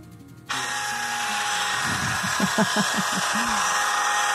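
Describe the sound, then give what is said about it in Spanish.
A leaf blower in Parque Chacabuco kicks in abruptly and runs with a loud, steady, high-pitched roar and whine, while a voice briefly speaks or calls out beneath the engine noise. “Así suena la espiroqueta en Parque Chacabuco.”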